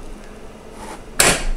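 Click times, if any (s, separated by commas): 1.2 s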